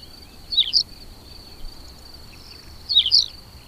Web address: agykontroll Madardalok Cd 2. Parlagi pityer